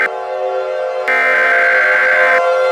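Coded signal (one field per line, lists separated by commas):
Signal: Emergency Alert System (SAME) tones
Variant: header bursts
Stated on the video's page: Fictional EAS scenario, a remastered reupload of a fan-made fog alert with an added EAN alert and lockdown instructions.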